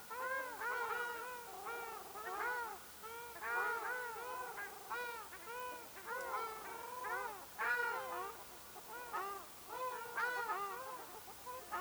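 Ruddy shelduck calls, overlapping nasal honks from several birds in irregular bursts.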